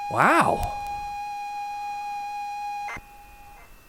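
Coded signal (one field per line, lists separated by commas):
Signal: ZX Spectrum tape loading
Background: speech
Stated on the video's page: A mystery C15 cassette tape being loaded on a ZX Spectrum.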